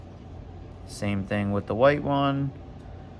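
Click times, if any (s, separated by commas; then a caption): none. A white harness connector is handled for plugging into a control panel socket, but nothing has seated or clicked yet. Someone talks briefly over a steady low hum.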